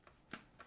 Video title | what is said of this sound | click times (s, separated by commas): Step by Step Change Toner Cartridge Brother Laser Printer | Then return to where it was. Clicks in place. | 0.3 s